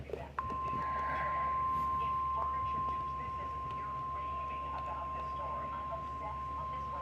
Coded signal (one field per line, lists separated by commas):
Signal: Emergency Alert System (SAME) tones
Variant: 1050 Hz attention tone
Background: speech